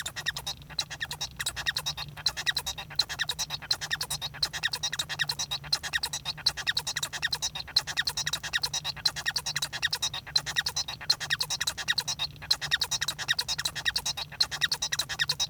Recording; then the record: song of a male Bengalese finch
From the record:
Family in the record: son of father 1